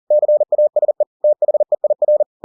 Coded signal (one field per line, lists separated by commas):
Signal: Morse code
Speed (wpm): 40 wpm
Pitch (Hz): 600 Hz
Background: none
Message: CASE THEIR